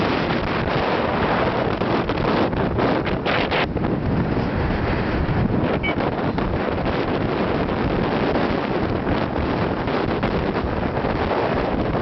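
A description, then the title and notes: A motorbike ride, recorded with heavy wind buffeting the microphone, giving a dense, steady low roar with no pauses. Brief crackling bursts come through around three to four seconds, and a faint high tone flickers near six seconds. Motorbike ride from Quang Nam into Da Nang. Riding into Da Nang City from south of town. WOOHOO WIND SOUNDS.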